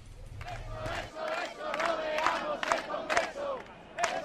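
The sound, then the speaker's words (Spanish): A large crowd of tens of thousands chants and shouts together at a large demonstration, the 25S 'Rodea el Congreso' protest, in rhythmic bursts, voices rising and falling in a steady pattern of loud collective calls with a constant roar of many people underneath. “un audio que tuvo lugar en una gran manifestación, que fue en el 25S, con el famoso Rodea el Congreso, y vamos a escucharlo un poco como, pues bueno, unos audios representativos de esta explosión ciudadana surgida sobre todo con el 15M, tras el 15M.”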